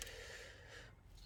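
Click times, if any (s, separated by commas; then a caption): none. A mechanic handles a wiring harness connector as he fits it onto an engine component during final reassembly of a Chrysler Town and Country head gasket replacement. A brief soft tap at the very start gives way to a low, steady rustling hiss that fades out near 0.9 s. Nothing has seated or clicked yet.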